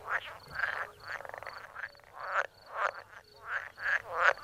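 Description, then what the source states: Frog chorus of mating calls, rasping pulsed croaks in bursts about every half second, overlapping callers with a faint higher repeated note. Male frogs and toads calling in chorus to attract females; audible from a kilometre, several kilometres over flat lowland; wetland in Biebrza National Park.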